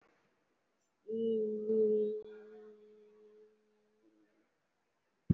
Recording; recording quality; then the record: sustained vowel as in beet; excellent, no background noise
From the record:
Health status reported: respiratory illness, not identified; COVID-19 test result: negative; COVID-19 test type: RT-PCR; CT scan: not taken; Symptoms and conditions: cough, sore throat, fatigue, muscle pain, asthma, chronic lung disease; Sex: female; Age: 33 years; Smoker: no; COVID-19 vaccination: one dose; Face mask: worn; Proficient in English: no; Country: India